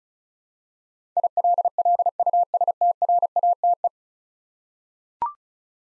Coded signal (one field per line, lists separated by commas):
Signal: Morse code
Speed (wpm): 36 wpm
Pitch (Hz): 700 Hz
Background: none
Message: ILLUSTRATE